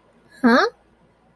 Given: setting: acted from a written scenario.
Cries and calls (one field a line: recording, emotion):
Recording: vocal sound without words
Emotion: confusion